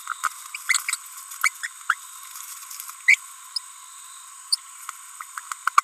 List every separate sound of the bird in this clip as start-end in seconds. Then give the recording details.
0.69-0.82, 1.42-1.48, 1.63-1.67, 1.90-1.94, 3.08-3.15, 3.56-3.58, 4.53-4.55. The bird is a female. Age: 30 days. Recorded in a nest box in Venezuela. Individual 17B42B3